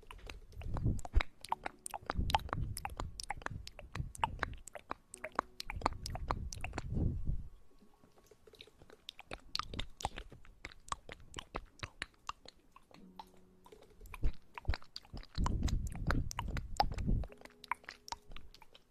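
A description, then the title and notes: Wet mouth and ear-eating sounds with soft chewing and crunchy clicks, arriving in dense bursts around the start, near six to seven seconds, and again from fifteen to seventeen seconds. Quieter stretches in between hold sparse crackles and light rustling, with faint low tones behind. Ear Eating & Hand Movements.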